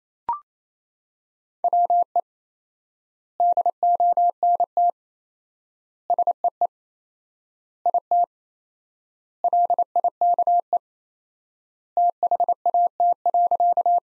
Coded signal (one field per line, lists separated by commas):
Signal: Morse code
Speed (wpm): 28 wpm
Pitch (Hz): 700 Hz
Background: none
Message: WE DONT SEE IT LIKE THAT.